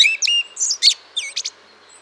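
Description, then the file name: Eurasian blackbird song fragment: a few brief high, squeaky notes and twitters with short pauses between them. "Turdus merula"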